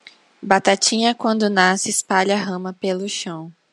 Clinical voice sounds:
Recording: short text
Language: Brazilian Portuguese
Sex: female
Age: 20 to 29 years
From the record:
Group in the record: control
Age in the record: 24 years

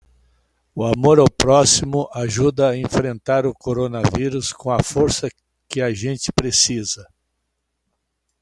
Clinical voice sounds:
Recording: spoken sentence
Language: Brazilian Portuguese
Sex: male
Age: 60 to 69 years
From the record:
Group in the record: control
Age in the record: 68 years

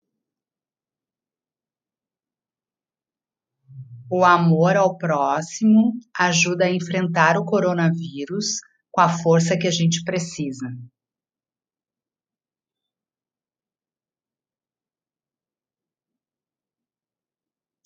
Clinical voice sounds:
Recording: spoken sentence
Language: Brazilian Portuguese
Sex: female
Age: 50 to 59 years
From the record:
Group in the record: control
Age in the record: 56 years

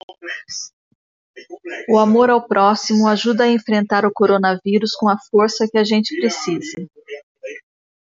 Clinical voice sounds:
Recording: spoken sentence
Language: Brazilian Portuguese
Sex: female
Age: 50 to 59 years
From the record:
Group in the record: control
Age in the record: 50 years

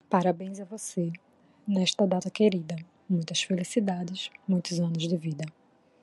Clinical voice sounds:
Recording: short text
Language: Brazilian Portuguese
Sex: female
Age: 30 to 39 years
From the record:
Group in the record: control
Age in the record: 33 years

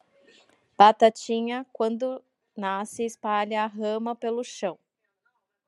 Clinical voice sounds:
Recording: short text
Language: Brazilian Portuguese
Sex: female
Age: 30 to 39 years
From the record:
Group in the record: control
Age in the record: 34 years

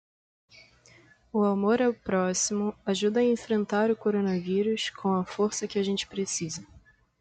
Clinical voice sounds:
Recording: spoken sentence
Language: Brazilian Portuguese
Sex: female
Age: 20 to 29 years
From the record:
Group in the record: control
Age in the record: 27 years

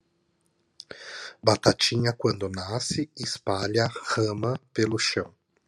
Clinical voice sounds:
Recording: short text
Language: Brazilian Portuguese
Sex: male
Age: 30 to 39 years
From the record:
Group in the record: control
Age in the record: 37 years

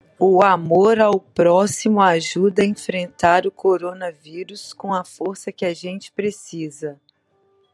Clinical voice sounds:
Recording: spoken sentence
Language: Brazilian Portuguese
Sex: female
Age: 50 to 59 years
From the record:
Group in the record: control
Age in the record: 52 years

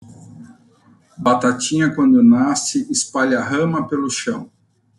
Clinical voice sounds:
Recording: short text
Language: Brazilian Portuguese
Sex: male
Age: 60 to 69 years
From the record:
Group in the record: control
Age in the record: 60 years

